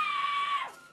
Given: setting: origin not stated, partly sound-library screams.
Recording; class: one-second piece from a danger detection set; woman in danger